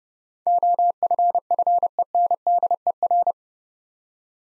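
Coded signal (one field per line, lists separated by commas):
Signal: Morse code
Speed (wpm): 30 wpm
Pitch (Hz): 700 Hz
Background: none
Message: OFFENDER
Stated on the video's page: Morse practice set building 8-letter words two letters at a time at 30 wpm, for instant character recognition training.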